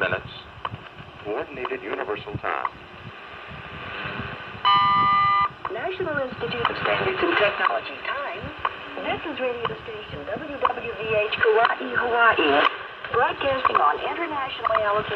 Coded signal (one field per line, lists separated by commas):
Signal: radio time signal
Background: speech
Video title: WWV & WWVH Time Signal in 10 MHz